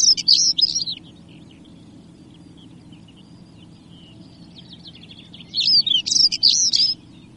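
European stonechat: two bursts of thin, scratchy high chirps, one at the start and one near the end, with quiet twittering and low rumble in between.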